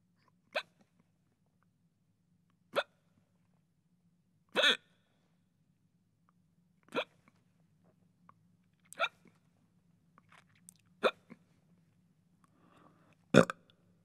Sound effect human hiccup.